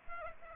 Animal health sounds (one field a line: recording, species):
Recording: mosquito wingbeat signal from an infrared sensor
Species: Aedes aegypti